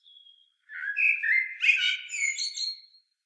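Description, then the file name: Common blackbird song phrase of mellow, liquid whistled notes running into a squeaky, chattering high ending, after a brief faint thin note. "Turdus merula"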